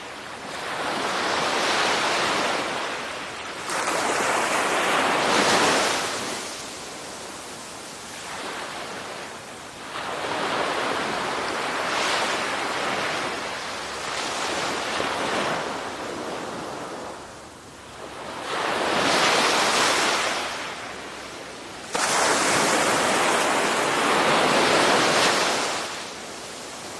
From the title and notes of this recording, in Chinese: 海浪与夕阳共鸣。夕阳余晖下的海滩。微而动听的海浪声，伴随着温柔的潮风。